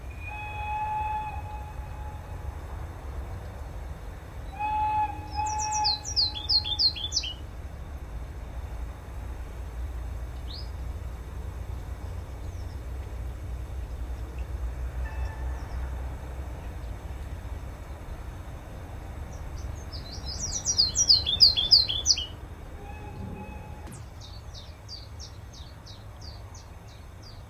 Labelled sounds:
Willow Warbler

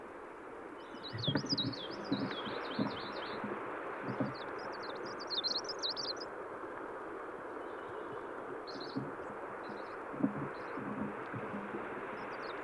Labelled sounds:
Black Woodpecker call

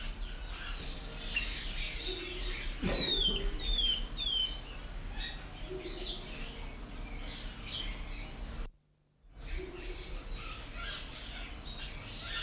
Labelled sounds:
Snowy-crowned Robin-Chat

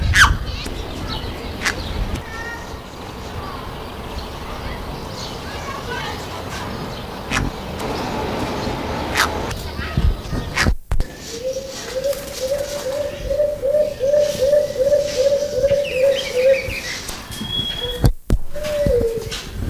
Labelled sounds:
Trumpet Manucode call

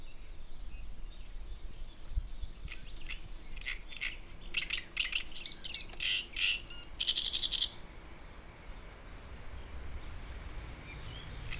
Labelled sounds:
Great Reed Warbler

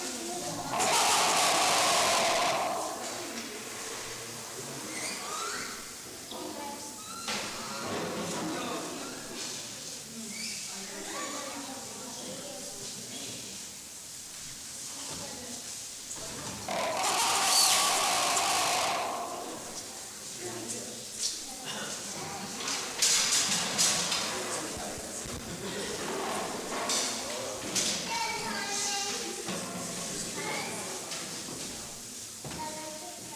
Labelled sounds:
Diana Monkey

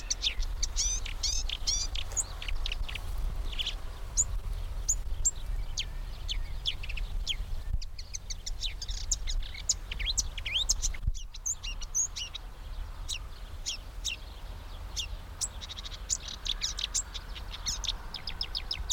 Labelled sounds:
Marsh Warbler

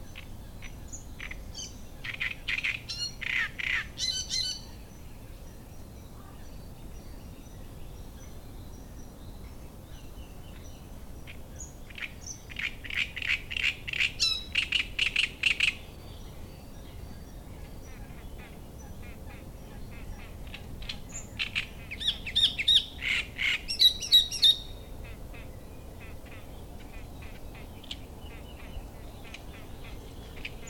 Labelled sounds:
Great Reed Warbler

